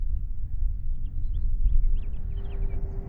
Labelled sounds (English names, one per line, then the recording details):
House Finch song
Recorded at Oak Beach on Long Island, New York, on 21 May 1975
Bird B